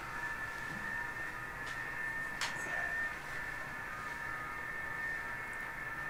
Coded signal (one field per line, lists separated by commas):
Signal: FT8